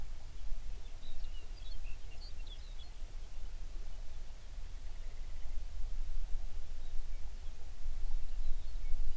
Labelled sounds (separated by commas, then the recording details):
songbird
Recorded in the Prudhoe Bay oil fields, Alaska, on 11 June 2019 at 05:03
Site 21